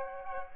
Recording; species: mosquito wingbeat signal from an infrared sensor; Aedes aegypti